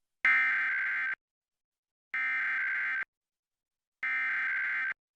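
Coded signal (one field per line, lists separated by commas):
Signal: Emergency Alert System (SAME) tones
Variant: header bursts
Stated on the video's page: Required Monthly Test of the Emergency Alert System as received on Salt Lake City television stations.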